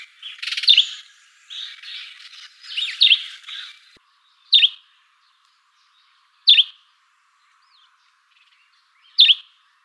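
Sparrow chirps: a busy burst of overlapping chirping in the first four seconds, then single sharp chirps spaced about two to three seconds apart.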